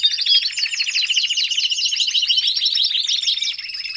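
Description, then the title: Domestic canary song, a dense run of fast high trills and rolling chirps that shift from phrase to phrase without a break. Male Belgian canary singing a lot; meant to warm up and train young canaries. "Canary Training Esquente Seu Filhote E Canario Belga Em 30 Minutos Macho Cantando Muito"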